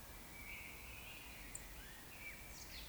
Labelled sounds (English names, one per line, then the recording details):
Eurasian Woodcock whistle
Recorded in Baden-Württemberg, Germany, on 19 May 2021 at 18:51 UTC
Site 24608, 624 m above sea level